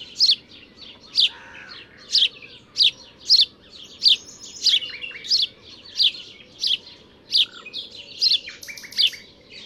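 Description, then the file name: House sparrow chirping repeatedly, loud harsh notes in a quick, somewhat irregular series, mixed with softer twittering and a low background hum. "Passer domesticus"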